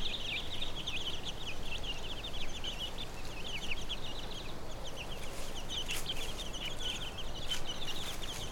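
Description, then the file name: Chicken chicks peep constantly, a fast scatter of high, thin chirps running throughout over a low background rumble. Chicks, recorded on Brownsea Island. "Hen with chicks, Brownsea Island"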